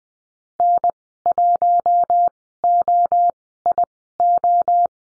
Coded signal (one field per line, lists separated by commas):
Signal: Morse code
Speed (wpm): 20 wpm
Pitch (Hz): 700 Hz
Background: none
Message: N1OIO